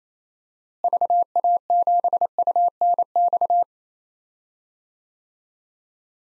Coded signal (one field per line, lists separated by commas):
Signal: Morse code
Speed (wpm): 27 wpm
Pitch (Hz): 700 Hz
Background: none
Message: VA7UNX